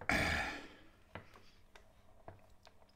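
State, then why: Not seated. The plastic lid of an £8 B&M sandwich toaster is pressed shut over bread to engage its front latch. A loud rushing burst at the start fades over about half a second, followed by quieter knocks and clacks at about 1.2, 1.8, 2.3 and 2.7 seconds. The latch has not locked in yet.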